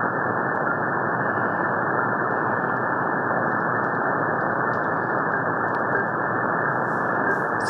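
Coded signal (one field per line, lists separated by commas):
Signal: HF data modem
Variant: Link 11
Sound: steady, harsh, rushing data hiss with no breaks, cut off sharply above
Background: radio static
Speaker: it's not very strong but this is what we usually have as nato link 11 is a nato encrypted link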